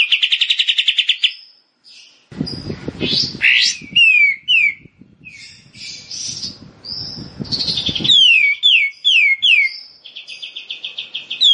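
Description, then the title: Bar-winged prinia song: fast chip runs, harsh raspy bursts and repeated downslurred whistled notes in quick series, with low noise in the background. Rice-field (sawah) variety. "Ciblek Sawah"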